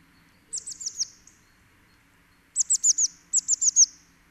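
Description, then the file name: Eurasian blue tit giving high, thin, quick descending notes in short strings of four or five, three bursts in all, the later ones louder. "Cyanistes caeruleus"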